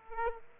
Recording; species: mosquito wingbeat signal from an infrared sensor; Aedes aegypti